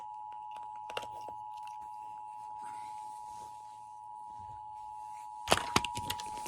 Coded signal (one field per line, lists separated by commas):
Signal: Emergency Alert System (SAME) tones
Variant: 853 and 960 Hz attention tone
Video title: Huge scared emergency Alert system Bomb threat with virus 3 suspects dead ￼